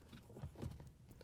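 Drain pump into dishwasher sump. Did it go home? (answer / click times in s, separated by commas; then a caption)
no / none. A new Bosch/Thermador/Gaggenau drain pump, part 00167082, is rotated and slid behind the retaining tab toward its locking position in the dishwasher sump housing. Low, soft handling scrapes and bumps are heard, with a small sharp tap near 1.2 s. Nothing has seated or clicked yet; the pump is not yet locked into the sump.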